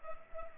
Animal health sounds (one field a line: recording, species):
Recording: mosquito wingbeat signal from an infrared sensor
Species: Culex pipiens